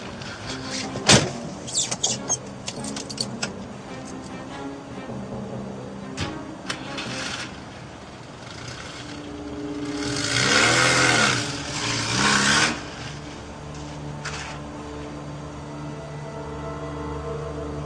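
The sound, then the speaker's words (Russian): A few sharp thuds like car doors shutting, then a car engine turns over and revs with a rising, wavering whine before settling into a steady hum as it drives away. No talking. “В машину садись! Быстрей!”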